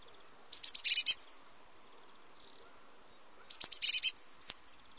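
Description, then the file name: Eurasian blue tit song, two phrases: a fast volley of very high clipped notes followed by thin slurred whistles, with a quiet pause between. "Mesange bleue"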